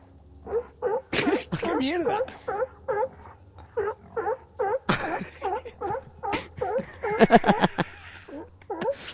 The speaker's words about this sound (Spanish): Bueno, ya tienes tus leones marinos. Muy bien. ¿Vale? Aquí lo tenemos. Tenemos un disco de efectos sonoros, que lo sepáis todos y todas.